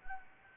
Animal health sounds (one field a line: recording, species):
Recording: mosquito wingbeat signal from an infrared sensor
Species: Anopheles gambiae